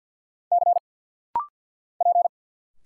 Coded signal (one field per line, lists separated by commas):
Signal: Morse code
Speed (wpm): 51 wpm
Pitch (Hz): 700 Hz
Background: none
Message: C P